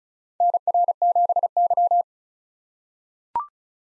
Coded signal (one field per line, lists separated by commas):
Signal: Morse code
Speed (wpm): 36 wpm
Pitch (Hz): 700 Hz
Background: none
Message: NR7Y